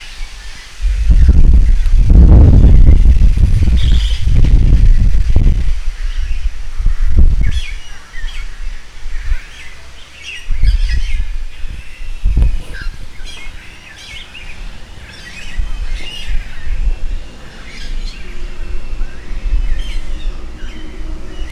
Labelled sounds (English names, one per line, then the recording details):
Piapiac
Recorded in northern Uganda